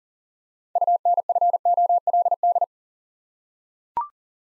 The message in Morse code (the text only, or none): UNFOLD